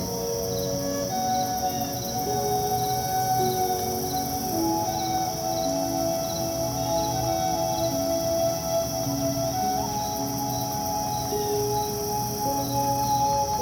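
Bugs chirp at a lake in a steady, dense trill, with a bright pulsing insect buzz high above and sustained low tones underneath.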